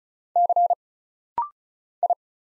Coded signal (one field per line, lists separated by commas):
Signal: Morse code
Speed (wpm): 35 wpm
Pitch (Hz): 700 Hz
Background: none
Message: C I